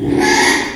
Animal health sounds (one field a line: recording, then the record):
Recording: squeal of a Yucatan mini pig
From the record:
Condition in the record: after surgery on the right vocal fold (resection and tissue-engineered implant)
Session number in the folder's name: 3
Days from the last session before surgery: 33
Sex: male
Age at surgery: 12 weeks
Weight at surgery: 13 kg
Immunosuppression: cyclosporine, prednisolone